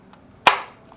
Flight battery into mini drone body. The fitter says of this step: Click sound വരും. അതാണ് correct സെറ്റായി എന്നുള്ളതിൻ്റെ ഒരു